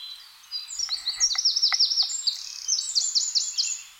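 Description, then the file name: Eurasian wren singing a fast, high, rattling phrase of sharp notes and trills. "Troglodytes troglodytes"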